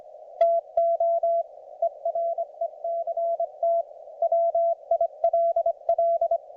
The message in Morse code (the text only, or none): TO ERECT WILL